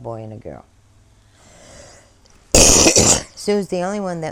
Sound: coughs

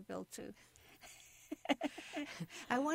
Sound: laughs

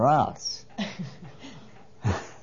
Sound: she laughs

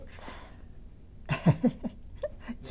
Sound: she laughs

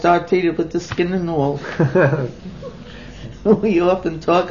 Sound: laughter

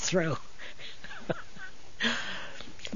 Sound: she laughs

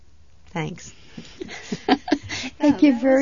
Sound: they laugh

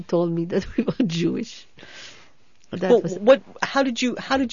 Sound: she laughs

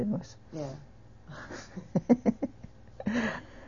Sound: she laughs

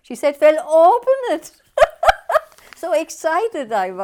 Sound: she laughs

